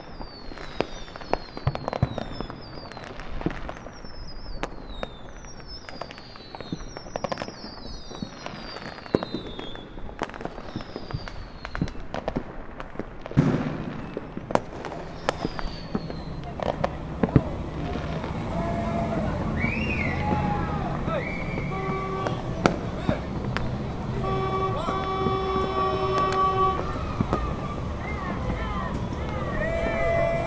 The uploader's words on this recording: Chicago Field Recordings. 4th of July Fireworks from a Rooftop in Humboldt Park.